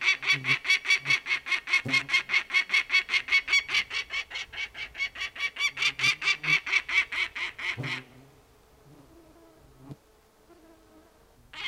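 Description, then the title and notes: Peregrine falcon alarm call: a long, rapid series of harsh, grating cackling notes, stopping after about eight seconds, with another call starting at the very end. Female parent at a nest in Inari, Finnish Lapland, loudly objecting to a nest inspector's visit. "Muuttohaukan huuto kaikuu upeassa maisemassa. Inarilainen haukkaemo paheksui pesätarkastajan vierailua kuuluvasti"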